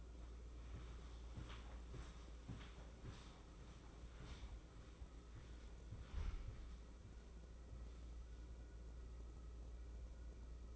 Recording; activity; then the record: daily activity, microphone in the room; walk to room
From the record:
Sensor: 1